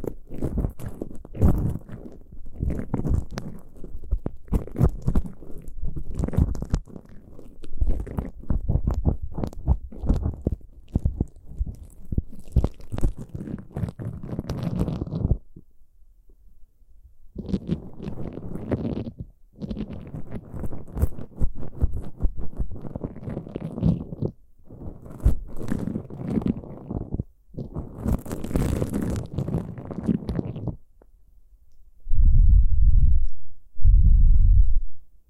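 Ear picking: dense crackly scratching and rustling bursts with short pauses, ending in two muffled low thumping swells after 32 seconds.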